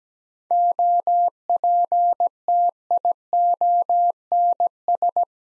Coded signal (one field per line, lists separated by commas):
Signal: Morse code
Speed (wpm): 17 wpm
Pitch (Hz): 700 Hz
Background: none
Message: OPTIONS